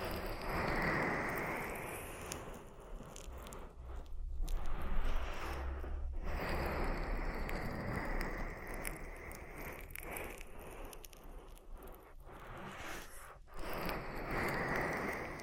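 Oil ear massage gives dense, wet crackling and squishing that swells and fades in uneven waves, with brief quiet gaps near six and thirteen seconds.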